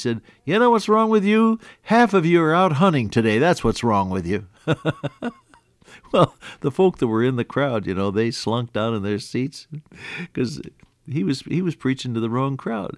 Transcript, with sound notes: He said, “You know what’s wrong with you? Half of you are out hunting today, that’s what’s wrong with you” (Laughs) Well, the folk that were in the crowd you know, they slunk down in their seats ’cause he was, he was preaching to the wrong crowd.